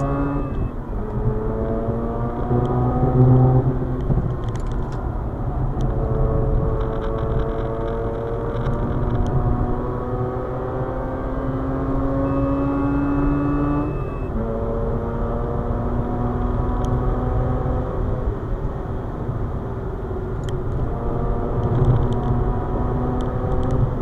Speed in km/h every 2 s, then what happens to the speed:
104, 98, 95, 100, 115, 121, 129, 140, 145, 134, 139, 144.
0-5 slows to 95. 5-15 speeds up to 145. 15-18 slows to 134. 18-22 speeds up to 144.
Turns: none.